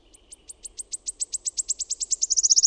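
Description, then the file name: Wood warbler song, a run of sharp high ticks accelerating steadily and running together into a bright trill at the end. "SIRITTAJA"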